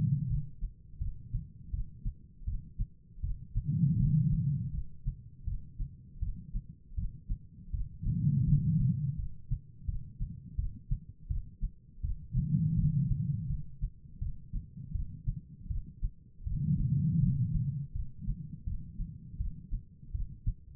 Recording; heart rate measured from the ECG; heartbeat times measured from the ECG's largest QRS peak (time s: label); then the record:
heart sounds by stethoscope; 82 bpm
0.28 s: heartbeat
0.99 s: heartbeat
1.71 s: heartbeat
2.46 s: heartbeat
3.22 s: heartbeat
3.98 s: heartbeat
4.72 s: heartbeat
5.45 s: heartbeat
6.20 s: heartbeat
6.96 s: heartbeat
7.72 s: heartbeat
8.45 s: heartbeat
9.17 s: heartbeat
9.86 s: heartbeat
10.56 s: heartbeat
11.28 s: heartbeat
12.02 s: heartbeat
12.76 s: heartbeat
13.48 s: heartbeat
14.19 s: heartbeat
14.93 s: heartbeat
15.68 s: heartbeat
16.44 s: heartbeat
17.20 s: heartbeat
17.93 s: heartbeat
18.65 s: heartbeat
19.38 s: heartbeat
20.12 s: heartbeat
From the record:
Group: healthy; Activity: rest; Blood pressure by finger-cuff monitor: 120/90 mmHg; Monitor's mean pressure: 105 mmHg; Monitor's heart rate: 81 bpm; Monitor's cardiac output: 4.6 L/min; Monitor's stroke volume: 57 mL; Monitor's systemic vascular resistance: 1700 dyn s/cm5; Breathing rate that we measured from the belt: 14 breaths a minute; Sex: female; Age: 51 years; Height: 162 cm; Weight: 70.04 kg